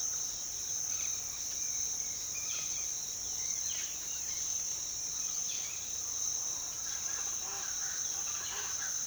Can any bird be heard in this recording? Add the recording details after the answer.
yes. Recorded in pastures near Puerto Asís, Putumayo, Colombia, on 24 March 2025 at 07:00. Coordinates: 0.487, -76.322. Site G077